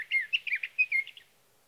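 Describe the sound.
Sage thrasher song, a quick run of warbled, slurred notes about a second long before stopping.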